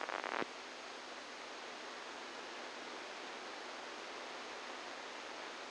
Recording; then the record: brain microelectrode recording played as sound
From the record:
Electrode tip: inside the subthalamic nucleus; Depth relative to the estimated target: -3 mm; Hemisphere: right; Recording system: NeuroSet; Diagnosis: Parkinson's disease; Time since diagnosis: 10 years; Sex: male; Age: 63 years